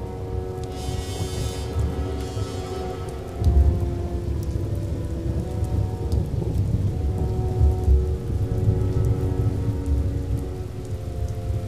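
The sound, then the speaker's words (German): Heavy rain from thunderstorm clouds pours steadily over the Magdeburg Börde as far as Gröningen and Halberstadt, Germany, while deep thunder rumbles and rolls underneath, with a louder low crack a few seconds in; no voices are heard. “Die Wassermassen aus diesen Wolken fielen auf die Magdeburger Börde bis Gröningen und Halberstadt.”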